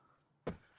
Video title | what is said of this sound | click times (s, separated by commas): IRL Truckin', This is a LIVESTREAM! We're Driving! #veteran #irl #trucking #travel #longhaultrucker | Barely enough for it to go click. I heard it drop back down. | 0.5 s